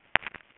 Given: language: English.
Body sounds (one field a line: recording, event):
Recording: throat vibration sensor signal played as sound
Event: swallow